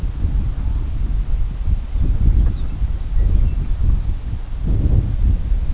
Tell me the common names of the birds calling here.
Lapland Longspur, Brent Goose